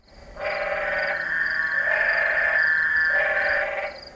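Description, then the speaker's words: Spadefoot toad giving drawn-out bleating calls that run nearly continuously for about three and a half seconds, with a faint high pulsing tone above. Desert of southern Arizona during monsoon breeding gatherings at temporary pools; eerie calls sometimes mistaken by nearby residents for a medical emergency. "People in nearby neighborhoods have sometimes called 911 because they think there's some medical emergency when they hear those eerie toad calls."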